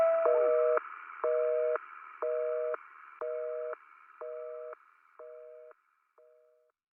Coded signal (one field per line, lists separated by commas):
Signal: telephone call progress tone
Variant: North America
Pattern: busy tone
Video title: Dial Tone - sub español